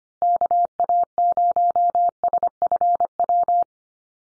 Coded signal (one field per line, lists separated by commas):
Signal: Morse code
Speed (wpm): 25 wpm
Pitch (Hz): 700 Hz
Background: none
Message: KA0SFW